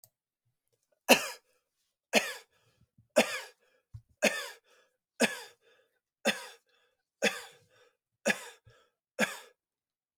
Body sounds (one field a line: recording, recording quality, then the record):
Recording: heavy voluntary cough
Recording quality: excellent, no background noise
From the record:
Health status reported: exposed to COVID-19, no respiratory illness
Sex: male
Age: 26 years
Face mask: not worn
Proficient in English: yes